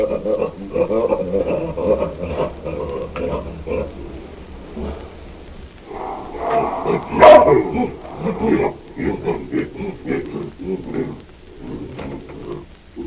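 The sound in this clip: Hamadryas baboon grunts and harsh barking calls in a busy, dense sequence, with a loud sharp bark near the middle.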